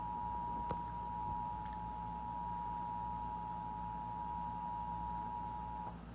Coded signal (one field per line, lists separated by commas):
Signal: Emergency Alert System (SAME) tones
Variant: 853 and 960 Hz attention tone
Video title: (EAS #510) Severe Thunderstorm Warning for Fond Du Lac, Green Lake, Washington, and Dodge, Wisconsin